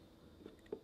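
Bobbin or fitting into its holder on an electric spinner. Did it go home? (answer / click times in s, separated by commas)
no / none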